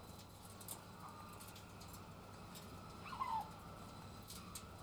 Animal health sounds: poultry house recording; sick chickens (respiratory disease)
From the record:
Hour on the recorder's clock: 12

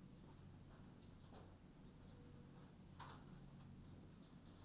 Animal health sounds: poultry house recording; no chicken sound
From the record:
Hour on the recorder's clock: 21

